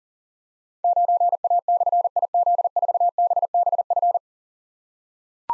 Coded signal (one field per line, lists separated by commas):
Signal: Morse code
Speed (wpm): 43 wpm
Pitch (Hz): 700 Hz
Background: none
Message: 9A/IZ4BBF